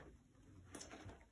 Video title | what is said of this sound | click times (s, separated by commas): Deep dive into the badlands vario pack system #badlandsgear | nice click one | 0.8 s